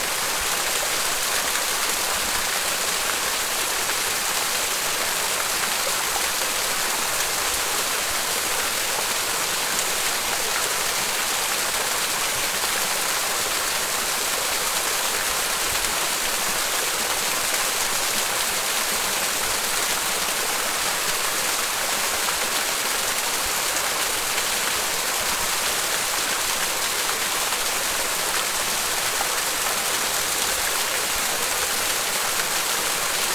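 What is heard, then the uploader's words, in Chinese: A small waterfall pours steadily into a pool, a dense, unbroken rush of water that holds the same level for the whole stretch. The sound is bright and hissing, with little low rumble. No other sounds stand out. 夏日午后小石潭听瀑。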